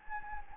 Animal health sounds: mosquito wingbeat signal from an infrared sensor; Anopheles gambiae

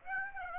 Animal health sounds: mosquito wingbeat signal from an infrared sensor; Aedes aegypti

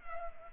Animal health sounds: mosquito wingbeat signal from an infrared sensor; Culex pipiens

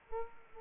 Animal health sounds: mosquito wingbeat signal from an infrared sensor; Aedes aegypti

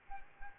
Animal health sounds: mosquito wingbeat signal from an infrared sensor; Aedes albopictus

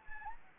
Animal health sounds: mosquito wingbeat signal from an infrared sensor; Anopheles gambiae

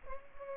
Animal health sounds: mosquito wingbeat signal from an infrared sensor; Culex pipiens

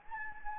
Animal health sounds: mosquito wingbeat signal from an infrared sensor; Anopheles gambiae

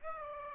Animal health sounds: mosquito wingbeat signal from an infrared sensor; Aedes aegypti

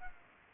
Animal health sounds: mosquito wingbeat signal from an infrared sensor; Culex pipiens

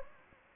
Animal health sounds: mosquito wingbeat signal from an infrared sensor; Anopheles gambiae

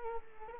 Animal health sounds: mosquito wingbeat signal from an infrared sensor; Culex quinquefasciatus

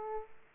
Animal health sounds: mosquito wingbeat signal from an infrared sensor; Aedes aegypti

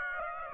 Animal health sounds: mosquito wingbeat signal from an infrared sensor; Aedes aegypti

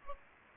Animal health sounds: mosquito wingbeat signal from an infrared sensor; Aedes aegypti

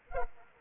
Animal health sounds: mosquito wingbeat signal from an infrared sensor; Anopheles arabiensis

